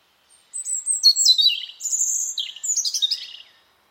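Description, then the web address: Bird song, a three-second run of high whistles and twittering chirps, some sliding down in pitch, with a clean quiet background. "Deverinetal 2025"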